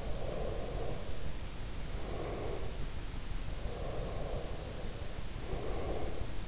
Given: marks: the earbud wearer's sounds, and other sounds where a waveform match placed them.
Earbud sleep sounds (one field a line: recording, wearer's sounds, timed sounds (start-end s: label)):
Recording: sounds in sleep by an in-ear microphone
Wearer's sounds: breath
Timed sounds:
0.02-2.97 s: breath
3.51-6.48 s: breath